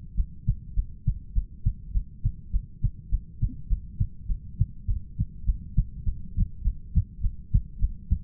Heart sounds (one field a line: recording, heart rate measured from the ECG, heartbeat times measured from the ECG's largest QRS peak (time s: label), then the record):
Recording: heart sounds by stethoscope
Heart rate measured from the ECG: 102 bpm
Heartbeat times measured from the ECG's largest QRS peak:
0.14 s: heartbeat
0.73 s: heartbeat
1.32 s: heartbeat
1.91 s: heartbeat
2.50 s: heartbeat
3.09 s: heartbeat
3.67 s: heartbeat
4.26 s: heartbeat
4.85 s: heartbeat
5.44 s: heartbeat
6.03 s: heartbeat
6.62 s: heartbeat
7.21 s: heartbeat
7.79 s: heartbeat
From the record:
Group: heart failure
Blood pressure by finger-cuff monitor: 65/50 mmHg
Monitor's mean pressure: 54 mmHg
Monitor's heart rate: 102 bpm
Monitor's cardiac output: 6.7 L/min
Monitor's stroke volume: 65 mL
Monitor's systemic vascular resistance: 550 dyn s/cm5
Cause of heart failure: ischemic heart disease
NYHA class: 1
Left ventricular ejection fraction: 38%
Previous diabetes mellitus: present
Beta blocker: bisoprolol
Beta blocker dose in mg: 15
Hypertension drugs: sacubitril-valsartan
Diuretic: furosemide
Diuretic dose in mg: 20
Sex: male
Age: 33 years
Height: 172 cm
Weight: 78.5 kg